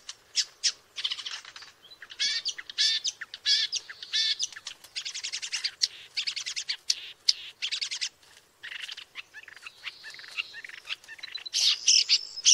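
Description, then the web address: Woodchat shrike pouring out a varied, harsh warble of quick ticking bursts and grating phrases, with a thin high whistle toward the close. "sound Woodchat-shrike. صدای-پرنده-سنگ-چشم-کله-سرخ"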